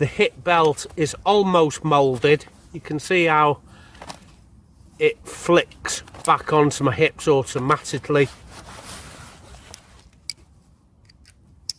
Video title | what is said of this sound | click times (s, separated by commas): REI Co-op Flash 55 Ruck... (lightweight ruck for lightweight kit) | Click into place there | 11.7 s